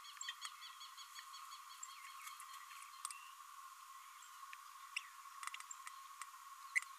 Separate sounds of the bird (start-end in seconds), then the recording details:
0.28-0.31, 0.39-0.48. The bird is a male. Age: 27 days. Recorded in a nest box in Venezuela. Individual 17B32A6